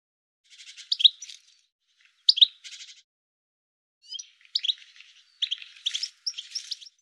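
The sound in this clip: Bird giving bursts of sharp, high chirps, two isolated phrases early, then quicker clustered notes toward the end, with nothing else audible.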